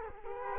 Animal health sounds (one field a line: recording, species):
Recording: mosquito wingbeat signal from an infrared sensor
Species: Culex quinquefasciatus